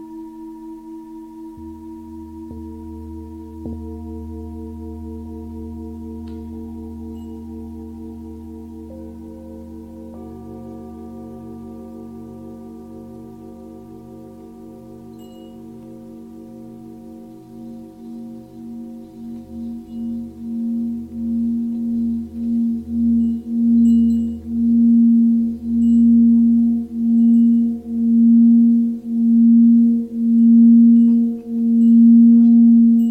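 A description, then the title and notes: A Tibetan singing bowl hums with steady layered tones, then a strong pulsing wobble builds after twenty seconds, growing louder and beating regularly. Tibetan Singiing Bowl.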